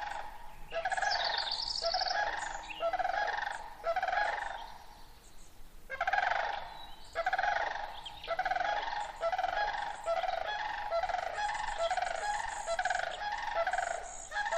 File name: sandhill cranes